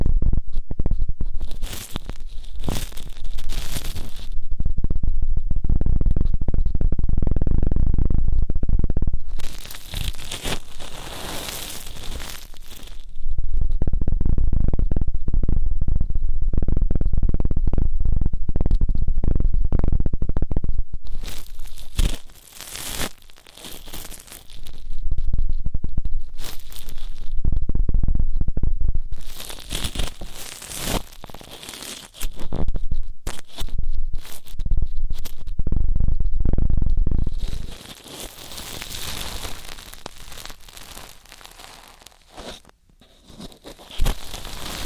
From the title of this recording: ASMR Intense Electrifying Ear Cleaning